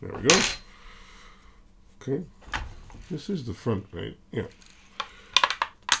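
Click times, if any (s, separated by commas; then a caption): 5.9 s. Someone talks while the top rail of a zebra roller blind is hooked into a plastic mounting bracket and pushed up, with a few short plastic clatters from 5.0 s onward. The headrail clip snaps in place at 5.9 s and holds up the blind.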